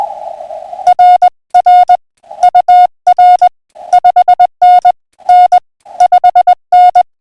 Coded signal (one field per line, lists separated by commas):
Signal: Morse code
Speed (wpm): 20 wpm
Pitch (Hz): 720 Hz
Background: music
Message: RR UR 5NN 5N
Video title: Saturday Evening Pota Hunt -5-23-2026